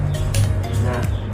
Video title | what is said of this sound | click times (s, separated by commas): UNBOXING KAMERA NIKON D5300 | klik gua sudah terpasang. | 0.3 s